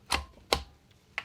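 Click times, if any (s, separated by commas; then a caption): 1.2 s. A Smith & Wesson carbine's stock is slid over the receiver and pushed down during reassembly, with two loud broadband knocks near 0.1 and 0.5 s. A sharp click at 1.2 s marks the stock seating into place on the receiver, and the gun is back together.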